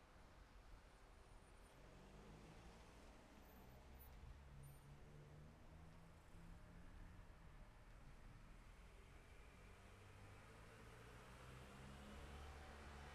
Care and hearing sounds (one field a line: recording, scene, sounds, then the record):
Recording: everyday scene through a hearing-aid microphone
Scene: in traffic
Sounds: traffic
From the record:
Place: city secondary road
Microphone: behind the ear, left, rear